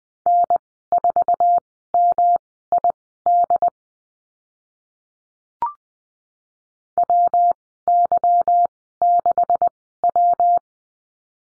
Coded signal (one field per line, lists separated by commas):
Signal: Morse code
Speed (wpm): 20 wpm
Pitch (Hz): 700 Hz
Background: none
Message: N4MID WY6W